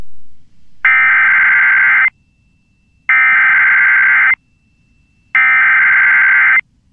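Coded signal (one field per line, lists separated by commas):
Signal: Emergency Alert System (SAME) tones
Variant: header bursts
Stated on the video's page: Tornado emergency and warning alerts from the NWS offices in Little Rock and Memphis, recorded from a NOAA Weather Radio station and an IP stream.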